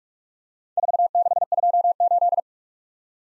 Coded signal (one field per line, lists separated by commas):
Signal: Morse code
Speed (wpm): 47 wpm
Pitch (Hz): 700 Hz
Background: none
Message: 4628